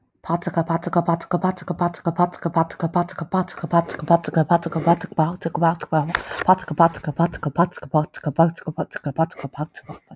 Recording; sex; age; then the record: repeated syllables /pa ta ka/; female; 20 to 29 years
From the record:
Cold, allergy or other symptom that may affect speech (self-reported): no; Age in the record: 22 years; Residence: Georgia, United States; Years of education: 17